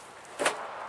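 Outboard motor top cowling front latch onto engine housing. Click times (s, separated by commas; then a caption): 0.5 s. The front of the plastic top cowling on a Honda 200 four-stroke outboard engine is pushed down onto the engine housing after a spark plug change. A short, bright click rises above a steady background hiss at 0.5 seconds. The front latch clicks shut and the cowling is seated.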